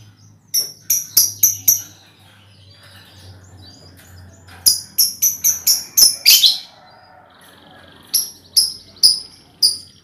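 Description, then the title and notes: Lovebird chattering song: quick bursts of several shrill, sharp chirps separated by pauses, with a harsher squeal in the middle. Lovebird ngekek song, used as a lure song (kicau pancingan). "Master Kicau Lovebird ngekek, kicau pancingan"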